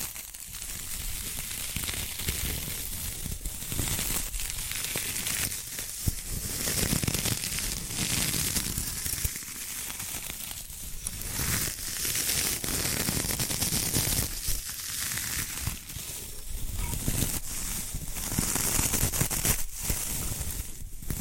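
Bamboo is scratched, brushed and tapped in a steady, dense run of dry crackling and rustling that barely pauses. Short knocks and brief gaps break up the texture every second or so, and the loudness holds fairly even across the whole clip.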